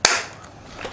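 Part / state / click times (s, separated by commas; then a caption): mechanism part into vegetable cutter body / seated / 0.1 s. After one side is fitted, a plastic mechanism part is pressed firmly into the body of a vegetable cutter. A sharp, loud snap comes at 0.05 s as the part locks inside, followed by a faint, much quieter tick near 0.8 s.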